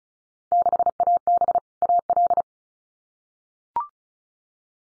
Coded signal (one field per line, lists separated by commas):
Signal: Morse code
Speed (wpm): 34 wpm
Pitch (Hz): 700 Hz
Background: none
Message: 6AB AL